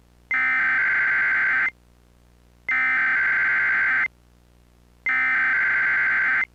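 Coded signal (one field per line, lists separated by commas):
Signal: Emergency Alert System (SAME) tones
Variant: header bursts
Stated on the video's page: Recreation of an EAS alert on a cable company system, with valid EAS tones.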